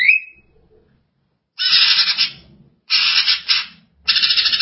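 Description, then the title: Greater green leafbird: a brief whistled note, then three rasping, buzzy chatter phrases. "Cucak ijo"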